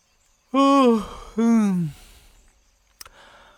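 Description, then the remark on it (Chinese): A voice acts out a yawn by the character Huo Feng after striking a pose, in two drawn-out, falling vocal sighs, each about half a second, loud and alone, followed by a brief faint click. “火凤摆好了姿势之后，打了个哈欠，微微一笑。”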